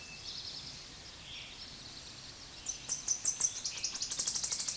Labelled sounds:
Tennessee Warbler (Leiothlypis peregrina) song
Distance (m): 20 m
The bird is about 20 m above the microphone
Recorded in a Pennsylvania forest on 16 May 2024 at 08:57
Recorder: AudioMoth, point MSD-2234
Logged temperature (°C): 16.4 °C
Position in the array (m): 8 m, 73 m

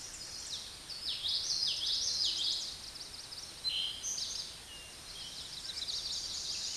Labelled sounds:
Common Yellowthroat (Geothlypis trichas) song
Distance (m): 15 m
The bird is about 5 m above the microphone
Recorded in a Pennsylvania forest on 16 May 2024 at 09:08
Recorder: AudioMoth, point MSD-2320
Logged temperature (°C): 12.8 °C
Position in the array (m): 225 m, 186 m

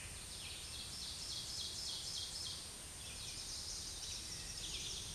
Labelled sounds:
Ovenbird (Seiurus aurocapilla) song
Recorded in a Pennsylvania forest on 16 May 2024 at 06:59
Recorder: AudioMoth, point MSD-2083
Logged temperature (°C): 16.7 °C
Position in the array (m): 82 m, -3 m

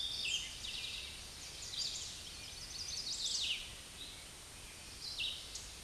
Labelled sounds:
Chestnut-sided Warbler (Setophaga pensylvanica) song
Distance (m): 40 m
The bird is about level with the microphone
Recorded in a Pennsylvania forest on 16 May 2024 at 07:22
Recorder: AudioMoth, point MSD-2391
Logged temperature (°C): 15.0 °C
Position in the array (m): 89 m, 68 m

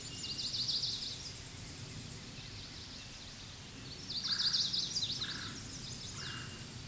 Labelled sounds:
Chestnut-sided Warbler (Setophaga pensylvanica) song
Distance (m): 15 m
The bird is about level with the microphone
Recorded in a Pennsylvania forest on 16 May 2024 at 08:05
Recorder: AudioMoth, point MSD-0690
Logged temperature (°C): 16.0 °C
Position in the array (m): 188 m, 102 m

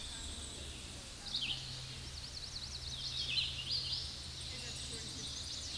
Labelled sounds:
Hooded Warbler (Setophaga citrina) song
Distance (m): 150 m
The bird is about 25 m above the microphone
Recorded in a Pennsylvania forest on 16 May 2024 at 09:50
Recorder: AudioMoth, point MSD-0661
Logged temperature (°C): 15.8 °C
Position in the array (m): -70 m, 186 m

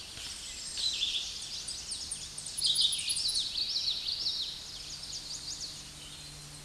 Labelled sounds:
Common Yellowthroat (Geothlypis trichas) song
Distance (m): 15 m
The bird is about level with the microphone
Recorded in a Pennsylvania forest on 16 May 2024 at 07:55
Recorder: AudioMoth, point MSD-2143
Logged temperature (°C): 16.0 °C
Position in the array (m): 51 m, 141 m

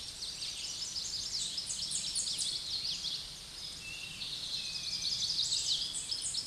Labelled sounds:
Tennessee Warbler (Leiothlypis peregrina) song
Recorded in a Pennsylvania forest on 16 May 2024 at 07:50
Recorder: AudioMoth, point MSD-2417
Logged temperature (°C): 16.4 °C
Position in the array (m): 80 m, 73 m

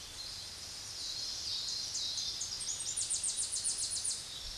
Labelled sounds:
Tennessee Warbler (Leiothlypis peregrina) song
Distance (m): 30 m
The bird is about 15 m above the microphone
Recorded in a Pennsylvania forest on 16 May 2024 at 06:11
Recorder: AudioMoth, point MSD-2007
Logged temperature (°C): 16.1 °C
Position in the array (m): 34 m, 60 m

